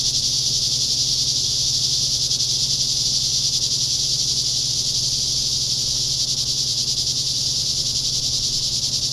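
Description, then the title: Cicadas fill the air with a loud, uniform, shrill whirring chorus that never lets up, over a faint low hum. Cicadas heard in summer. "neoscenes: summer cicadas"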